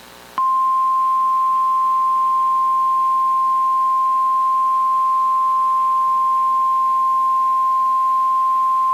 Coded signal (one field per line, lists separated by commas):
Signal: Emergency Alert System (SAME) tones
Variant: 1050 Hz attention tone